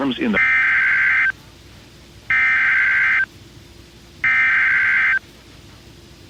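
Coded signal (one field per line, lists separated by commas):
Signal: Emergency Alert System (SAME) tones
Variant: header bursts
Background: speech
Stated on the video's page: Received by direct audio from a NOAA Weather Radio station, flash flood warnings.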